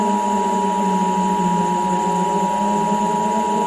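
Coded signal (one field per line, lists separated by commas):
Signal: Emergency Alert System (SAME) tones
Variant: 853 and 960 Hz attention tone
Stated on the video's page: Fictional EAS scenario, made with Audacity and Balabolka text-to-speech.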